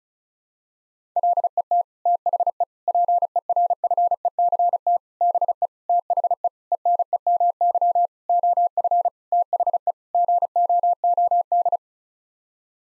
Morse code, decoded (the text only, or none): LET THE PERFECT BE THE ENEMY OF THE GOOD